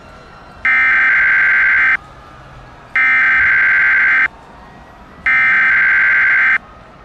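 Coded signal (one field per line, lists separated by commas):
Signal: Emergency Alert System (SAME) tones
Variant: header bursts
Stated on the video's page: Fictional EAS scenario, not a real alert.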